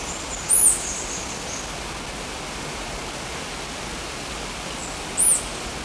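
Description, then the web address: Golden-collared Honeycreeper calls: two sharp, very high, thin arched notes roughly four and a half seconds apart, with constant hiss between them. Ecuador, South America. "Birds of Ecuador. Golden-Collared Honeycreeper"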